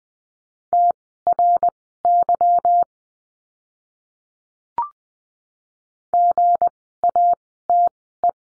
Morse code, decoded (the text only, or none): TRY GATE